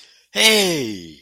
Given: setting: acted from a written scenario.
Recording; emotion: vocal sound without words; triumph